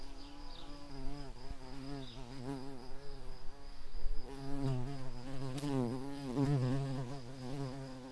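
Garden bumblebee workers buzzing, a low droning hum with wavering pitch, a few clicks and knocks in the background.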